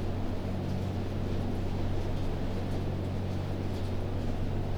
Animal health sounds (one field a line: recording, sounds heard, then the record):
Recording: poultry house recording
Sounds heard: no chicken sound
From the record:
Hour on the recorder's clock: 4